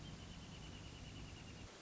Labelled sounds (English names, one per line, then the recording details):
Wrentit
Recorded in Sonoma County, California